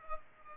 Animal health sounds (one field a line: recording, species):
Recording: mosquito wingbeat signal from an infrared sensor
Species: Culex pipiens